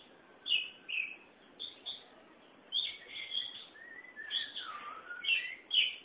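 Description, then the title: Oriental magpie-robin singing rich whistled phrases, some sliding downward, delivered in bursts with short pauses between them. Chirping song (kicauan) of the bird. "Suara Kicauan Burung Kacer Durasi Panjang"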